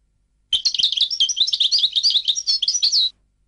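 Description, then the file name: European goldfinch song, a single unbroken run of fast, bright twittering and trilled notes lasting about two and a half seconds. "audio burung goldfinch"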